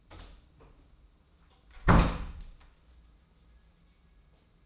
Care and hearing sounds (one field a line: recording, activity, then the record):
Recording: daily activity, microphone in the room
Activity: close door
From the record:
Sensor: 1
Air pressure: 994.4 hPa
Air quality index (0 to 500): 215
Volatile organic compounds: 1000 ppm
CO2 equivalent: 7722 ppm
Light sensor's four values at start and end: 117/264/119/132 and 120/270/122/136